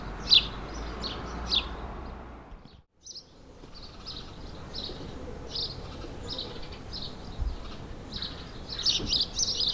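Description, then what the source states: Sparrow chirps, a few loud notes at first, then softer repeated chirps after a brief silent gap, over a steady low background. Several sparrows, suburban ambient, May 2022.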